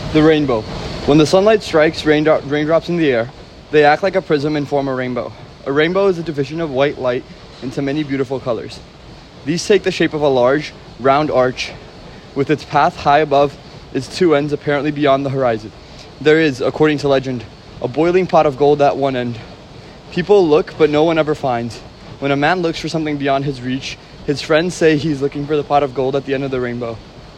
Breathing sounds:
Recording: reading aloud after running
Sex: male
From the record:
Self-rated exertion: vigorous exertion (4 of 6)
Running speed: 9 miles an hour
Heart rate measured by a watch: 142 beats a minute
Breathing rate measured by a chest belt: 35 breaths a minute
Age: 19 years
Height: 183 cm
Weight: 68 kg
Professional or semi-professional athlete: no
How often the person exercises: 1 to 2 times a week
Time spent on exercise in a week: 2 to 3 hours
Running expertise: yes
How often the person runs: under once a week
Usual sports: volleyball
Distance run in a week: 6 km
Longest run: 10 km

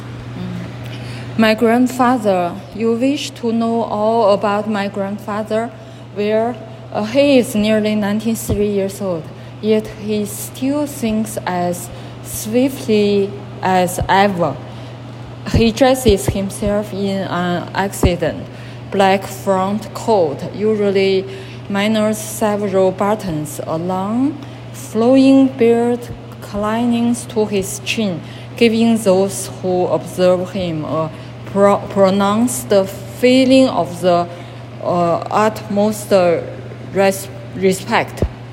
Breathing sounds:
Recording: reading aloud after running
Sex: female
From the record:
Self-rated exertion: moderate exertion (3 of 6)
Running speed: 5 miles an hour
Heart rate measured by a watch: 97 beats a minute at the start, 95 at the end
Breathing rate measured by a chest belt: 15 breaths a minute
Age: 53 years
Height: 160 cm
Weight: 54 kg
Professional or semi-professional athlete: no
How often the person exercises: 3 to 5 times a week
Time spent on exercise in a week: 1 to 2 hours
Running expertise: no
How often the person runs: 3 to 5 times a week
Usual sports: running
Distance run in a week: 15 km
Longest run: 42 km

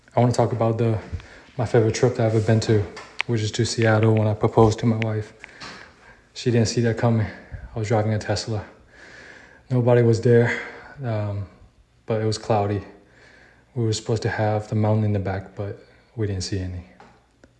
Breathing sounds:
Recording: free speech after running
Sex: male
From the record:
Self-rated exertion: vigorous exertion (4 of 6)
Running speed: 9 miles an hour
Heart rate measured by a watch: 104 beats a minute at the start, 100 at the end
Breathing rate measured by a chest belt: 17 breaths a minute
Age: 27 years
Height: 185 cm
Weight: 76 kg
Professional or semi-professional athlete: no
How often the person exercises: over 5 times a week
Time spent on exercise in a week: over 5 hours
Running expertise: no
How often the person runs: over 5 times a week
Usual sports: running, weight training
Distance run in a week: 65 km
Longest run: 42 km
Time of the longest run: 214 minutes

